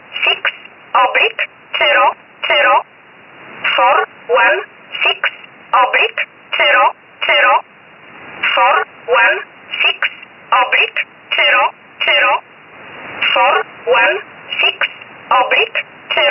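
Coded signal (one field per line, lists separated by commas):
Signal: numbers station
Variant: E11 Oblique, English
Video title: 13 05 2019 E11 Oblique Numbers station in English 0450 on 7469 unknown tx site in USB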